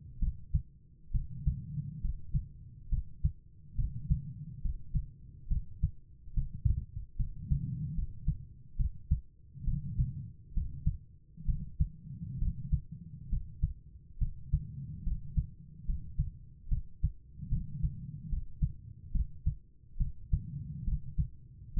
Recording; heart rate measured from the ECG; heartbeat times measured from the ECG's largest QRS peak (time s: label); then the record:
heart sounds by stethoscope; 70 bpm
0.18 s: heartbeat
1.11 s: heartbeat
2.00 s: heartbeat
2.88 s: heartbeat
3.75 s: heartbeat
4.61 s: heartbeat
5.47 s: heartbeat
6.33 s: heartbeat
7.16 s: heartbeat
7.94 s: heartbeat
8.76 s: heartbeat
9.64 s: heartbeat
10.53 s: heartbeat
11.45 s: heartbeat
12.38 s: heartbeat
13.29 s: heartbeat
14.18 s: heartbeat
15.03 s: heartbeat
15.85 s: heartbeat
16.68 s: heartbeat
17.48 s: heartbeat
18.28 s: heartbeat
19.11 s: heartbeat
19.97 s: heartbeat
20.84 s: heartbeat
21.73 s: heartbeat
From the record:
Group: healthy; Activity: rest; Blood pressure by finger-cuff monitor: 98/73 mmHg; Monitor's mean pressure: 81 mmHg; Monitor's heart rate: 69 bpm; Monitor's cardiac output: 4.9 L/min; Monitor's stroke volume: 71 mL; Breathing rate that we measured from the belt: 22 breaths a minute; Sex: female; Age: 32 years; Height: 172 cm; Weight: 71.7 kg